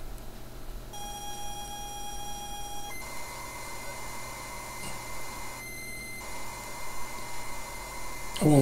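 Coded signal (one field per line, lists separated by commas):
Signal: ZX Spectrum tape loading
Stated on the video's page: Spectrum game loaded from an original 1983 cassette tape on a KS2 Spectrum Next board.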